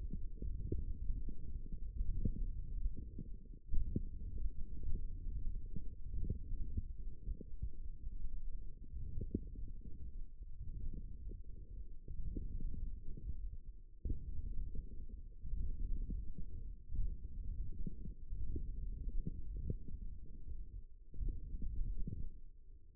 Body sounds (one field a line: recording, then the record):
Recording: forearm muscle sounds (acoustic myography)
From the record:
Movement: hand closing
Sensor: system 1, eight BSWA MPA416 microphones around the upper forearm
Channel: 2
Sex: male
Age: 18 years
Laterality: right